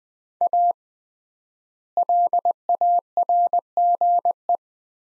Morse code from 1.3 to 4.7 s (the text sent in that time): LARGE